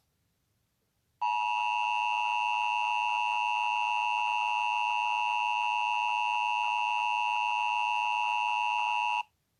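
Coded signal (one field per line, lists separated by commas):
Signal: Emergency Alert System (SAME) tones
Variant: 853 and 960 Hz attention tone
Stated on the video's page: Fictional EAS scenario.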